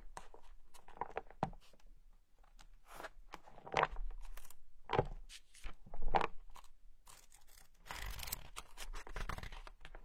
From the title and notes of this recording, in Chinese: 翻书声。纸音。